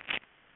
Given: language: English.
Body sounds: throat vibration sensor signal played as sound; swallow

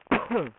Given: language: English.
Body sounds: throat vibration sensor signal played as sound; cough

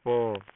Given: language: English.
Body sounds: throat vibration sensor signal played as sound; speech

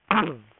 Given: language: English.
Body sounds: throat vibration sensor signal played as sound; throat clearing

